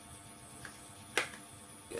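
A battery pack is slid into the slot of a cordless brush cutter, which fits only one way because of its guide, and pushed in. There is a faint tap at 0.7 s, then a sharp click at 1.2 s as the pack seats.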